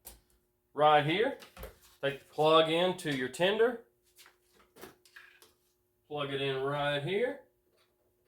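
A battery tender's charger plug is handled and pushed toward a power socket while someone talks, with a few faint, brief taps and knocks in the pauses. The plug has not seated or clicked yet.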